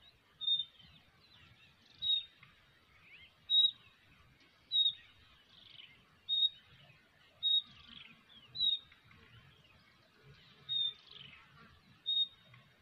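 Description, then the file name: Common nightingale repeating a sharp, high whistled note many times, interspersed with softer rasping notes, against quiet low background noise. "Luscinia megarhynchos"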